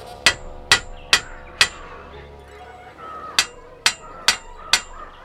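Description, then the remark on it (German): A hammer clangs against metal cage bars in two even bursts of four sharp, ringing blows, separated by a short pause with a faint background hum. “Den Hammer benötige ich zu einem anderen Zweck. Zu diesem.”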